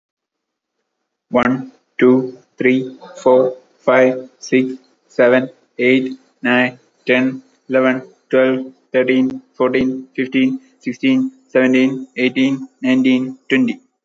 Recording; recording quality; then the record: counting at a normal pace; excellent, no background noise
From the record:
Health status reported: healthy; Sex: male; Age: 28 years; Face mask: not worn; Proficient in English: yes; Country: India